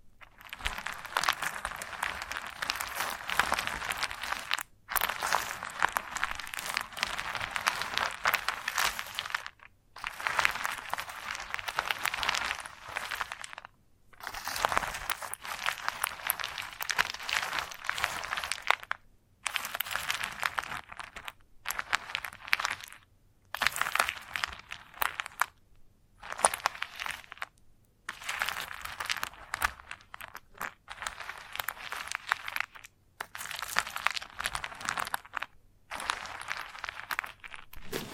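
Chalk scratching and scraping in bursts, a dry gritty rasp that is bright and hissy with little low end. Strokes come in clusters of a few seconds, separated by short silent gaps roughly every two to five seconds, with small crunchy clicks within.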